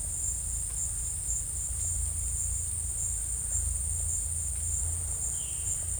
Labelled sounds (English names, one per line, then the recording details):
none
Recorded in secondary vegetation near Puerto Asís, Putumayo, Colombia, on 16 December 2024 at 13:30
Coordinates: 0.481, -76.318
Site G042